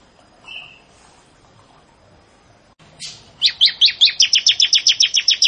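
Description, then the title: Bar-winged prinia: near-silence for three seconds, then a Bar-winged prinia bursts into a steady run of high, rhythmic chirping notes. "Ciblek Sawah"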